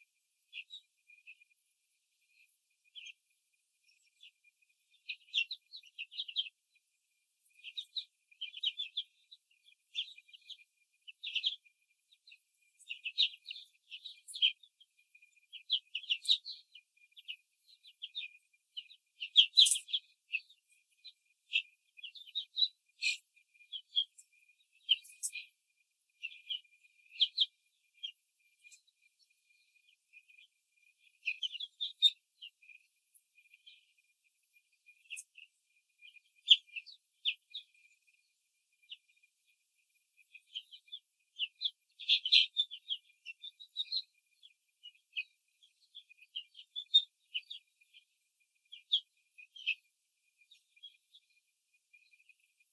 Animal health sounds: young laying hens in a cage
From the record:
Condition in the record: control cage, after the stress test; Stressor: none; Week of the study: 4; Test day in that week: 3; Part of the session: 2

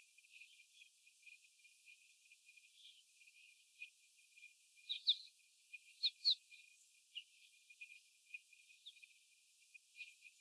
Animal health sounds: young laying hens in a cage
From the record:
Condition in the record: before the stressor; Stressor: simulated dog barking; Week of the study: 4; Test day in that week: 3

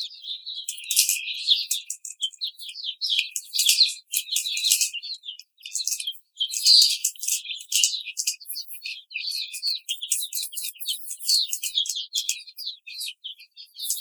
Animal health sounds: young laying hens in a cage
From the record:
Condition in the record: treatment cage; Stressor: simulated dog barking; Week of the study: 5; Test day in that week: 1

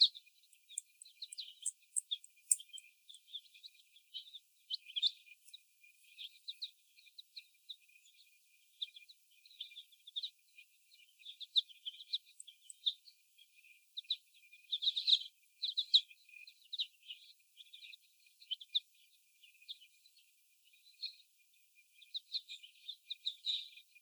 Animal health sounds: young laying hens in a cage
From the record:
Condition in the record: before the stressor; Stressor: sudden umbrella opening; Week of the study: 1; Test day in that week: 1

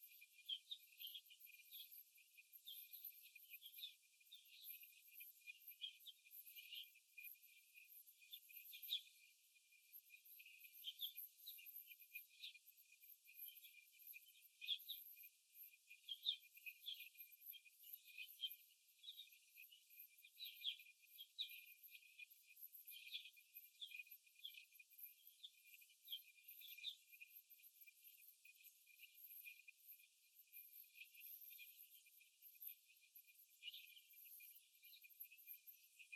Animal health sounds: young laying hens in a cage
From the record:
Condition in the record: after the stressor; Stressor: simulated dog barking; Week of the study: 1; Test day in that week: 2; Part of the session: 4

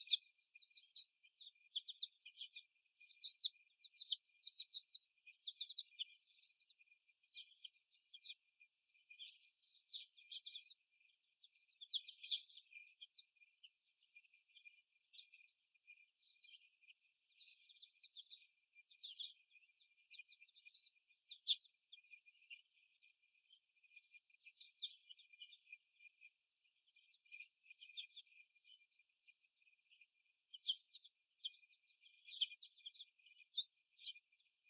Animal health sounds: young laying hens in a cage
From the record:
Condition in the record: after the stressor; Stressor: simulated dog barking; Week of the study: 1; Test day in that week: 1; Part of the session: 1

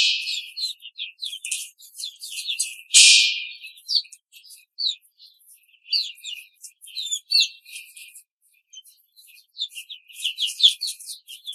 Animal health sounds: young laying hens in a cage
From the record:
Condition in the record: control cage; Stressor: none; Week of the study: 5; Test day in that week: 1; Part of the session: 1

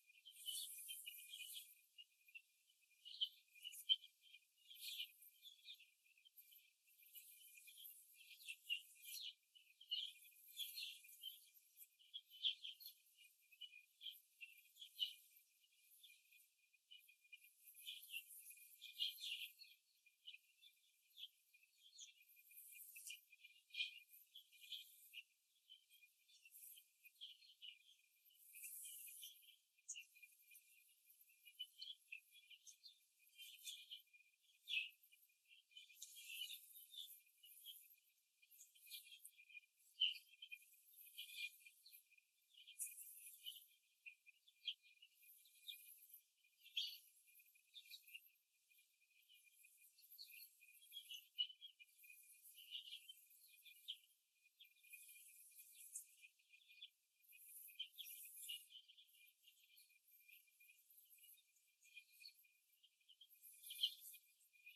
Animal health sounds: young laying hens in a cage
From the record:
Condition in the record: after the stressor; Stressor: simulated dog barking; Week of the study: 2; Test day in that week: 2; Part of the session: 1

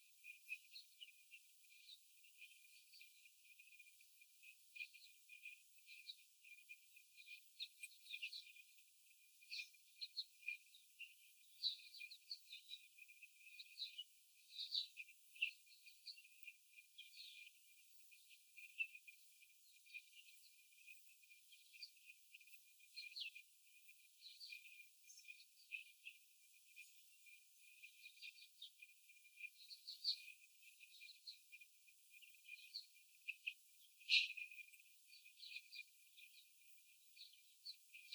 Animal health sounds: young laying hens in a cage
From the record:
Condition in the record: before the stressor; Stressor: sudden umbrella opening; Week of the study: 3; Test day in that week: 2

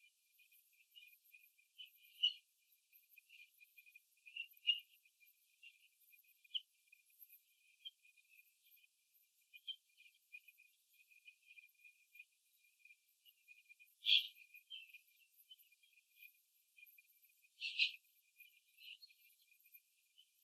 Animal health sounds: young laying hens in a cage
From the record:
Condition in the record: before the stressor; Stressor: simulated dog barking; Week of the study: 2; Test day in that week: 3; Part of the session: 1

